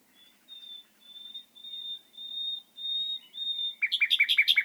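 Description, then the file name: Common nightingale song: a series of long, pure whistled notes on one high pitch, swelling louder, then a fast burst of rapid, harsher repeated notes. "Luscinia megarhynchos"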